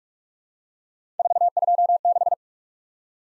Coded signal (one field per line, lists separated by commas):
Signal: Morse code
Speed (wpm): 44 wpm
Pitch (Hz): 700 Hz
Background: none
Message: 426